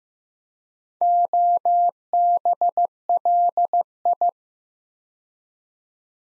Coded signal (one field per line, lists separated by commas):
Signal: Morse code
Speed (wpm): 15 wpm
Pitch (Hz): 700 Hz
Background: none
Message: OBLI